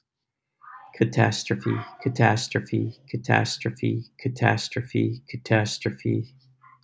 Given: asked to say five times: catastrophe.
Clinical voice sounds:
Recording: repeated word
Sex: male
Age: 40 to 49 years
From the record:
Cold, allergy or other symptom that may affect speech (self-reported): no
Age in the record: 44 years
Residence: California, United States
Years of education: 16

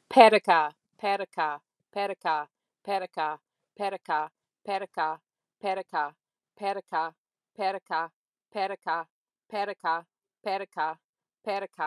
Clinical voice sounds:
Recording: repeated syllables /pa ta ka/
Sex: female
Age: 50 to 59 years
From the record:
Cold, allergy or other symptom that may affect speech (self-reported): no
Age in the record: 53 years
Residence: Arizona, United States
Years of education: 14

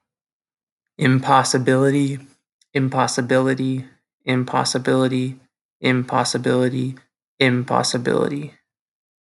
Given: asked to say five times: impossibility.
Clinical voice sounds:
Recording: repeated word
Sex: male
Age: 20 to 29 years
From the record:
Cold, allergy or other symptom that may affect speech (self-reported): no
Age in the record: 29 years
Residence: Iowa, United States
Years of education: 16

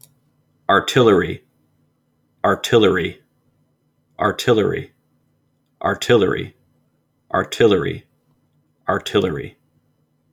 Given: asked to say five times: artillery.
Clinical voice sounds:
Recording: repeated word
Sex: male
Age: 30 to 39 years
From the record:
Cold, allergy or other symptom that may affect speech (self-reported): no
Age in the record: 32 years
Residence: Virginia, United States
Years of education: 12

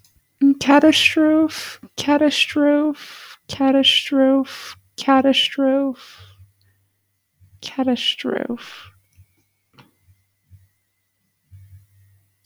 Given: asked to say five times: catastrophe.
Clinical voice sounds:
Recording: repeated word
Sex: female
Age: 20 to 29 years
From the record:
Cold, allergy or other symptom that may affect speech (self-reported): no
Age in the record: 20 years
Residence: Alaska, United States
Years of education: 12

